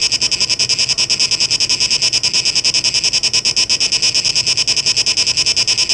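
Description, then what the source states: Cicada call, a dense high-pitched buzz throbbing in quick, even pulses without pause for the whole stretch. Tape mix and tape echo mix version; 17 August 2023.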